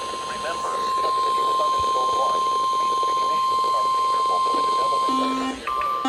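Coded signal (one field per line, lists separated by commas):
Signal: Emergency Alert System (SAME) tones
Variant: 1050 Hz attention tone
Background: speech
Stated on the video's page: Compilation of EAS alerts including captures from FM broadcast stations.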